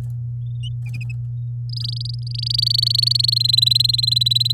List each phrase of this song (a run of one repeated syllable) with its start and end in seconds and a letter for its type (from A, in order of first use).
1.69-3.38 A, 3.40-4.52 B